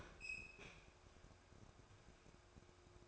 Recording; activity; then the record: daily activity, microphone in the room; open fridge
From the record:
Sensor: 2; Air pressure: 1004.5 hPa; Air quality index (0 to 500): 184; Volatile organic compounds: 10 ppm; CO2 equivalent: 2211 ppm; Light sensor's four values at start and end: 4/10/4/4 and 4/10/4/4